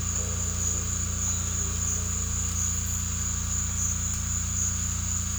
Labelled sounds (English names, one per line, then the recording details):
none
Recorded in secondary vegetation near Puerto Asís, Putumayo, Colombia, on 18 December 2024 at 16:30
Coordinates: 0.485, -76.322
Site GP08